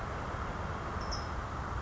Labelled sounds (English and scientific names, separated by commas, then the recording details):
California Towhee (Melozone crissalis)
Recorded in Sonoma County, California